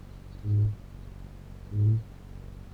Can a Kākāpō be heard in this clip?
yes